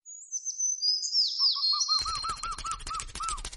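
Bird chirps: high whistled sweeping notes, then a fast run of short arched notes about four per second over crackling clicks.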